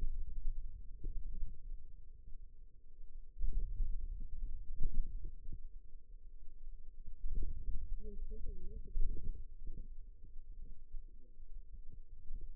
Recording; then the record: forearm muscle sounds (acoustic myography)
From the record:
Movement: ulnar deviation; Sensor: system 2, bracelet of six BSWA MPA416 microphones around the upper forearm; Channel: 3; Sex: female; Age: 21 years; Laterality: right